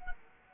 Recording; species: mosquito wingbeat signal from an infrared sensor; Culex quinquefasciatus